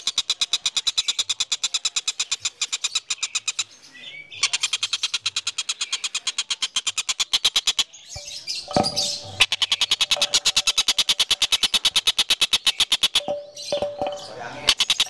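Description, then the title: Van Hasselt's sunbird song, long runs of fast, harsh pulsed notes delivered steadily, interrupted by short bursts of scratchy twittering. Master song for training cage birds; local name kolibri ninja; described as melodious, clear and loud. "Suara Kolibri Ninja Pilihan MERDU, JELAS DAN LANTANG Cocok Dijadikan Masteran Burung Anda"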